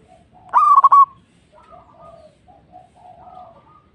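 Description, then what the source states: Zebra dove song: one loud phrase with an abrupt rise and a quick run of pulsed notes, followed by faint, softer warbling notes. Local (lokal) bird.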